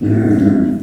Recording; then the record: squeal of a Yucatan mini pig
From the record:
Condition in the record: after surgery on the right vocal fold (resection and tissue-engineered implant); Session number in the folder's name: 4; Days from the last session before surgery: 26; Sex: female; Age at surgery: 19 weeks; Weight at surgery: 25 kg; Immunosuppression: prednisolone